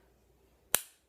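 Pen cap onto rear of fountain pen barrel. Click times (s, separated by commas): 0.8 s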